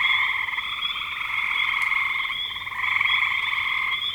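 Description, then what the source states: Dense frog chorus of rapid pulsed croaks, overlapping and steady throughout. Frogs recorded in spring 2025.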